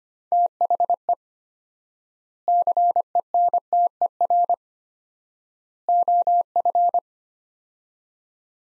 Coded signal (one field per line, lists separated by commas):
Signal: Morse code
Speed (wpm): 25 wpm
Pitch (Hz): 700 Hz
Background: none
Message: THE CENTER OF